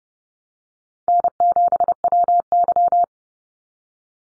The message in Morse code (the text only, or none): N7WY